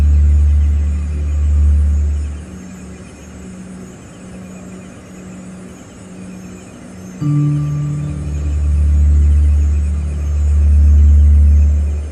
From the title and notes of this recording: In the heart of downtown Minneapolis lies a playable public sound installation in the form of Sidewalk Harp . This 40-foot-long stainless steel wave resonates with ethereal tones as commuters and passersby pluck the strings through light beam sensors.